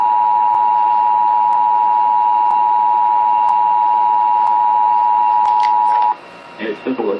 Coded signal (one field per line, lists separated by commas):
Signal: Emergency Alert System (SAME) tones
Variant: 853 and 960 Hz attention tone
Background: speech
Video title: test of the pennsylvania emergency alert system 7/